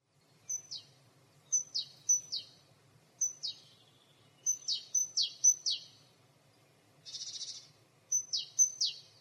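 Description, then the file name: Great tit calling with sharp, high, downslurred notes in short groups, repeated irregularly, plus one harsh buzzy rasp; otherwise quiet. "Parus major"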